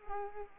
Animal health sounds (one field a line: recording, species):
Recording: mosquito wingbeat signal from an infrared sensor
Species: Culex quinquefasciatus